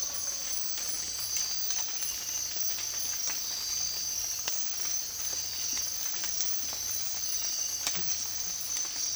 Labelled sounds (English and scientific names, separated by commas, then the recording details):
none
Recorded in dense forest near Puerto Asís, Putumayo, Colombia, on 8 March 2025 at 05:30
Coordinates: 0.503, -76.323
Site GP09